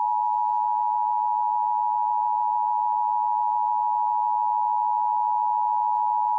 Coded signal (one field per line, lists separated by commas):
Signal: Emergency Alert System (SAME) tones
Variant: 853 and 960 Hz attention tone